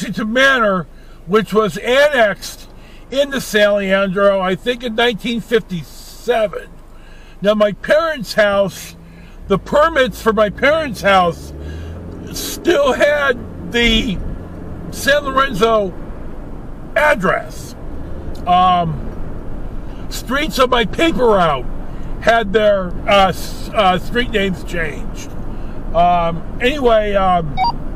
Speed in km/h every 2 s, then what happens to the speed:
0, 0, 0, 0, 0, 3, 16, 34, 44, 48, 52, 55, 56, 58.
0-9 standing. 9-23 pulls away to 56.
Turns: none.